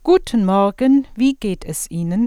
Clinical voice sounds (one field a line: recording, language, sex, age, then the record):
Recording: spoken sentence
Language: German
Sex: female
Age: 50 to 59 years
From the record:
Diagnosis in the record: dysphonia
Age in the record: 56 years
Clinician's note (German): Funktionelle Dsyphonie